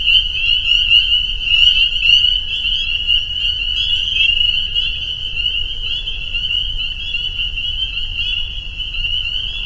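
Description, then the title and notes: Spring peepers in full chorus, countless high piping peeps merging into a steady shrill ringing, with soft low rumble beneath. Soundscape at a peeper pond on friends' property in northern Vermont. "Peepers. the peeper pond on our friends' property in northern Vermont"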